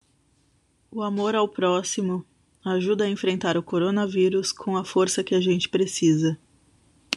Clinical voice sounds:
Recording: spoken sentence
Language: Brazilian Portuguese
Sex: female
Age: 30 to 39 years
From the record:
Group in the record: control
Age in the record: 39 years

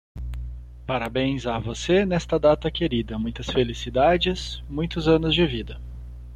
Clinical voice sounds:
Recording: short text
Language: Brazilian Portuguese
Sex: male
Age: 30 to 39 years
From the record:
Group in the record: control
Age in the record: 37 years

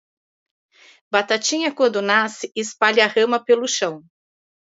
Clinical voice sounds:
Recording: short text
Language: Brazilian Portuguese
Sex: female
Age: 50 to 59 years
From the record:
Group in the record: control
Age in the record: 53 years

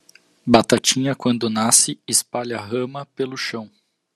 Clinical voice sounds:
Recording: short text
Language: Brazilian Portuguese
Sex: male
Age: 30 to 39 years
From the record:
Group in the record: control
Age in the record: 35 years

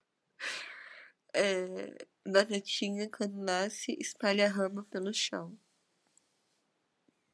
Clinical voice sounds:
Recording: short text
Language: Brazilian Portuguese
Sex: female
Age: 20 to 29 years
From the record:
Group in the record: control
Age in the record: 23 years

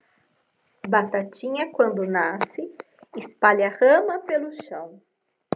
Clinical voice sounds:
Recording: short text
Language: Brazilian Portuguese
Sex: female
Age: 40 to 49 years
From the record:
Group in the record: control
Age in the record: 40 years

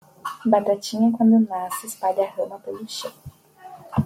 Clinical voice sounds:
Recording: short text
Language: Brazilian Portuguese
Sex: female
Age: 20 to 29 years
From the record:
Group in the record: control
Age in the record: 20 years

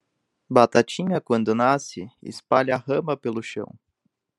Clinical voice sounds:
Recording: short text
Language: Brazilian Portuguese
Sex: male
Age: 20 to 29 years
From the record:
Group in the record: control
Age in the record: 26 years

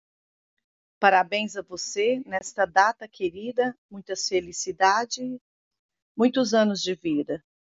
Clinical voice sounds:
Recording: short text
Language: Brazilian Portuguese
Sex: female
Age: 50 to 59 years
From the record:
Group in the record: control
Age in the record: 50 years

